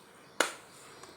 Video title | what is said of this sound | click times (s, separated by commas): conserto em furadeira dewalt, como montar furadeira dewalt, furadeira dewalt | Encaixou. Beleza, ó. | 0.4 s